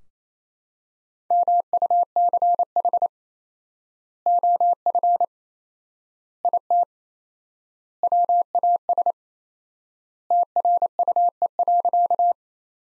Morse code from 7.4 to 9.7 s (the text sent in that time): WAS